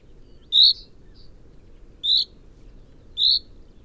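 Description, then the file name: Common chaffinch call: clipped high notes repeated three times, a little over a second apart, a faint short note in between, against a quiet low hum. "Fringilla coelebs"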